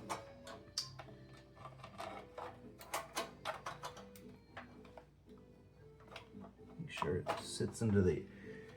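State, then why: Not seated. A graphics card is handled and pushed toward the motherboard PCIe slot closest to the CPU, chosen for speed, while someone talks over background music. A few sharp knocks and taps come from the handling. The clip ends before the card goes home, and nothing has seated or clicked yet.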